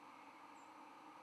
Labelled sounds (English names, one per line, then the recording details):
White-throated Sparrow flight call
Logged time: 05:02 on 11 November 2014